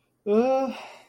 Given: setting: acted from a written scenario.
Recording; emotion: vocal sound without words; distress